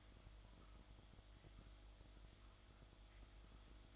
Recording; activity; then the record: daily activity, microphone in the room; make coffee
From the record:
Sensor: 3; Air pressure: 1007.3 hPa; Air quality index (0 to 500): 59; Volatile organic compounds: 1 ppm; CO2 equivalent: 606 ppm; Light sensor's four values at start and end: 8/18/7/8 and 8/18/7/8